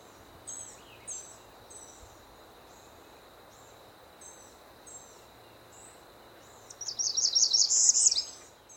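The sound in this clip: Northern parula singing one bright, buzzy trill that ends sharply, preceded by a series of soft, high chirped notes.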